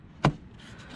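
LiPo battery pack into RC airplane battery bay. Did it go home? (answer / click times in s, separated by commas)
yes / 0.2 s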